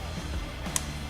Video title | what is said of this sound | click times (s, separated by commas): How to Harley Stage 1 Upgrade Complete Install Tutorial #harleydavidson | and you hear it click in | 0.8 s